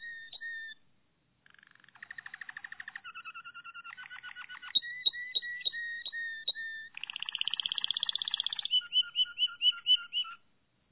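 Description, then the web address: Canary (Malinois Waterslager): canary song moving through varied tours: soft whistles, a buzzy rattle, stepped trills, a smooth repeated bubbling phrase, then a dense roll and quick double notes. Malinois (Waterslager) breed of domestic canary, song. "~joaopt canarios racas canto malinoiss"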